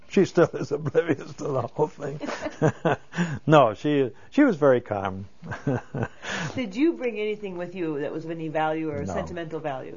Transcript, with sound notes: She still is oblivious to the whole thing. ( they laugh ) No, she was very calm. ( he laughs )
Did you bring anything with you that was of any value, or sentimental value?